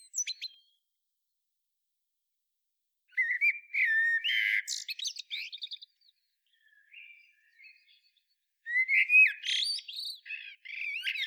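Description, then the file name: Eurasian blackbird song: after a brief high squeak, two long phrases of warbled low whistles mixed with shrill chattering notes, with a faint soft twitter between them. "Turdus merula"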